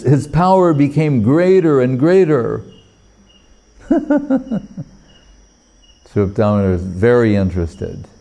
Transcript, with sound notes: his power became greater and greater.” [laughing] Svarūp Dāmodar is very interested.